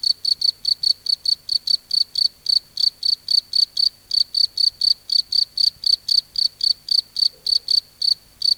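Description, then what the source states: Cricket chirping rapidly and very steadily, about four high, piercing pulses per second continuing without a break. Crickets at night in a field.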